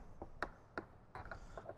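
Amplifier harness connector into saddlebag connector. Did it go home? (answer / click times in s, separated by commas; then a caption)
yes / 0.4 s. The amplifier harness connector of an Infinity Kappa plug-and-play audio system is pushed into the saddlebag connector on a 2014–2023 Harley-Davidson. Several short clicks and handling taps sound, with the sharpest click at 0.4 s as the connector seats. The connector is confirmed clicked in and seated.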